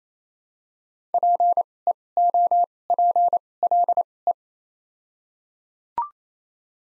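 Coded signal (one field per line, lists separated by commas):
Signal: Morse code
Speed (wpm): 28 wpm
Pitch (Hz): 700 Hz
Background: none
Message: PEOPLE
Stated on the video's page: Top 100 words practice at 28 wpm with doubled character spacing (Farnsworth timing).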